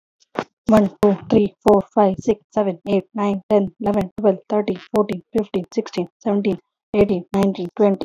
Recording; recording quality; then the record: counting at a normal pace; excellent, no background noise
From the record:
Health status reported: healthy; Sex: female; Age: 33 years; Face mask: not worn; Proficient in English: yes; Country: India